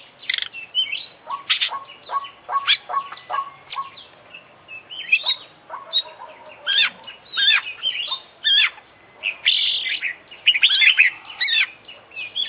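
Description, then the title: Oriental magpie-robin in dense, continuous song, mixing trills, sharp whistled notes and harsh chatters with hardly any pause. Competition bird described as an international champion, singing a full, complete set of fill-in phrases (isian). "KICAU KACER JUARA INTERNASIONAL FULL ISIAN KOMPLIT DURASI PANJANG"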